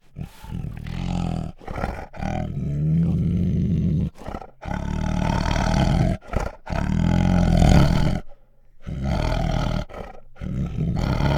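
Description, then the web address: Bengal tiger giving a run of deep, throaty growls and snarls with brief breaths between, the loudest rasping surge after the middle. Female Bengal tiger growling and snarling. "Sound Ideas Tigers Sound Effects"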